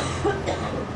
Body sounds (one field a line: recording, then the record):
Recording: coughing mixed with background sound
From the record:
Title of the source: female coughing - coughing sound effects girl